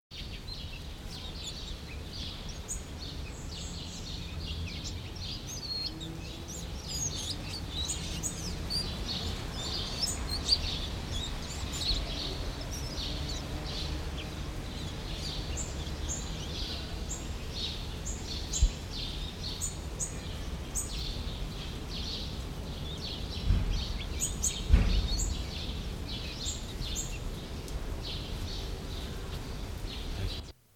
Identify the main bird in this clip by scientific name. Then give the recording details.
Phylloscopus trochilus. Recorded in captivity. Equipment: Nagra III BH, Sennheiser MD 21. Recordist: Schubert, Michael